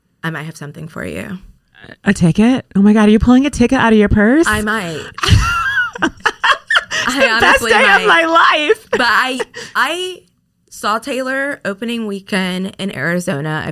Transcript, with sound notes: I might have something for you. A ticket? Oh my God, are you pulling a ticket out of your purse? I might. (laughing) Best day of my life. But I saw Taylor opening weekend in Arizona.